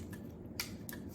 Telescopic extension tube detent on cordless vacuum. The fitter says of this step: or if you need it to extend just a little clicks into place